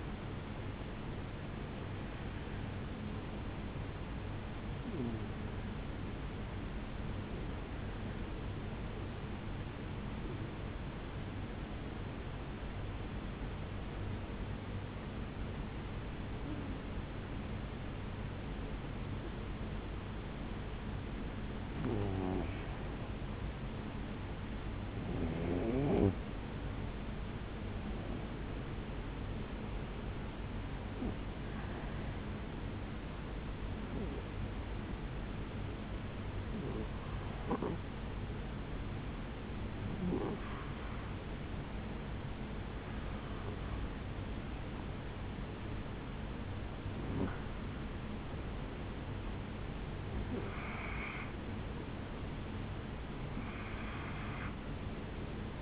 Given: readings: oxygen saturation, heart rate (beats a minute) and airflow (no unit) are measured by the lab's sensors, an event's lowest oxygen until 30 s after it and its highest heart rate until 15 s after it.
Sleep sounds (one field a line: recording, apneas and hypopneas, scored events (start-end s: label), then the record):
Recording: breathing in sleep by a voice recorder at the bedside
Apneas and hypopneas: 1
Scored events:
7.00-23.40 s: hypopnea (N1, oxygen 93% highest, then 90% lowest, heart rate 72 at the start, 73 highest)
53.00-55.62 s: new sleep stage, N2 (light sleep)
From the record:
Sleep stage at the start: N1 (lightest sleep)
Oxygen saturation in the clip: 90 to 94%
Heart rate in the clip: 66 to 74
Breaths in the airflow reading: 19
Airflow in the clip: -7.1 to 10.2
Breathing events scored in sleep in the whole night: 449 in 7.0 hours asleep